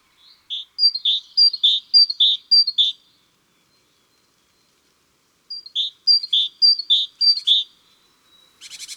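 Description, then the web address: Great tit song: two bursts of ringing two-note phrases, each about five phrases long, separated by silence, with a brief buzzy sound at the end. Recorded in January. "Janvier La Mesange charbonniere. les-4-saisons-des-chants-doiseaux"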